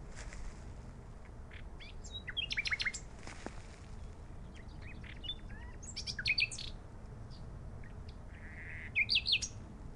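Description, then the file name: Common nightingale song in sparse phrases: rapid high chirps and short trills, a brief whistle, bursts a few seconds apart over steady low background rumble. "Luscinia megarhynchos"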